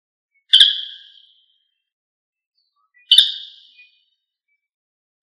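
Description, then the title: Rail calls: two sharp notes that start abruptly and trail off, about two and a half seconds apart, with a third beginning at the very end. "LuckyFamilia RallidaeFrangoSama"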